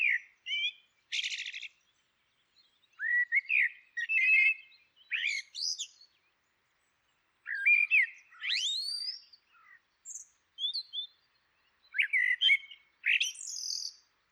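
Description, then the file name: Common blackbird song of varied fluty warbles, each phrase trailing into high twittering notes, delivered in bursts with brief gaps between them. "Turdus merula"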